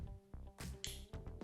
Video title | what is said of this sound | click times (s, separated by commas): Tesla Wiper Blade Swap - The EASY Way for Model 3 & Y | yeah it does click right in that's cool not that hard to do | 0.8 s